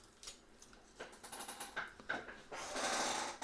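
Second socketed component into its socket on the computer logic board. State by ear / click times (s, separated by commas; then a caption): not seated / none. A second socketed component is pushed into its socket on a Macintosh SE/30 logic board, giving a run of light taps and knocks, with sharper knocks near 1.2 s and 2.1 s and a steady scraping rustle from about 2.5 s. The part is not clicking in, and nothing has seated or clicked yet.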